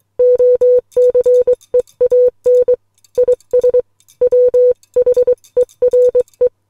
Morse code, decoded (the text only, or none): OCEAN IS WHERE